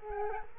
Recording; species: mosquito wingbeat signal from an infrared sensor; Culex quinquefasciatus